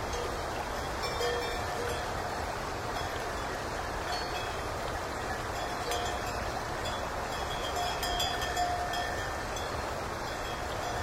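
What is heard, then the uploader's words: Cowbells clink faintly and irregularly along a mountain road over a steady low rumble of wind and traffic, with occasional brighter chimes. Driving cows on the mountain road, crisp bells.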